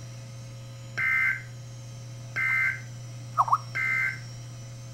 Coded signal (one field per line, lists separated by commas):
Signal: Emergency Alert System (SAME) tones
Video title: Severe Thunderstorm Warning (EAS #255)